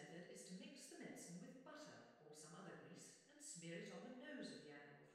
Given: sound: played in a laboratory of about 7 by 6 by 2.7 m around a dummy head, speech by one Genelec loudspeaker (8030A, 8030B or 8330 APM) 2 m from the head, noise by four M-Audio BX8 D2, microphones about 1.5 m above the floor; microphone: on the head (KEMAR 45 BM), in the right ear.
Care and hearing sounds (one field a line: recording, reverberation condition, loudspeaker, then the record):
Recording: female speech in English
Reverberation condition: high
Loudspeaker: 30 degrees to the left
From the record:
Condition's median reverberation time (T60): about 1300 ms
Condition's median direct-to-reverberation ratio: about -4.0 dB